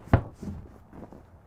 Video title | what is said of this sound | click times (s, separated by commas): 2021 Nexus Triumph 32TSC | spring assisted, but push down on it, it'll lock into place. | 0.1 s